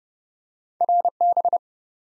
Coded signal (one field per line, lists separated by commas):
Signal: Morse code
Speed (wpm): 30 wpm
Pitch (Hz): 700 Hz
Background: none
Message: RB